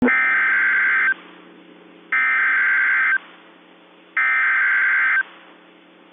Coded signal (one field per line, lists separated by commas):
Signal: Emergency Alert System (SAME) tones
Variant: header bursts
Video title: Tornado Warning (Calhoun and Jackson Counties, FL) (9/26/24) [EAS #46]